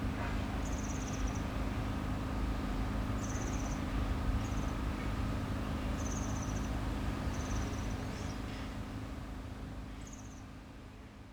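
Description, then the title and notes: European serin singing short, high-pitched tinkling bursts at irregular intervals, heard over heavy low engine-like noise that fades slightly toward the end. Solitary bird beside a cycle path near the Sierroz, Allée Marcel Mailly, Aix-les-Bains, France; construction noise. "Allée Marcel Mailly, 73100 Aix-les-Bains, France - Serin cini. Au bord de la piste cyclable près du Sierroz un serin cini solitaire , bruits de travaux,quelques passants"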